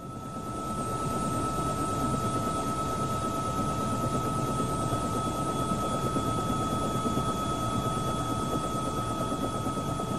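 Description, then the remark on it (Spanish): A CIA helicopter drones steadily overhead, its rotor giving a rapid, throbbing chop over a dense low engine roar with faint whining tones above. It fades in quickly and holds loud and constant. “Y así Jesús llama a un helicóptero de la CIA, Celestial Army Men.”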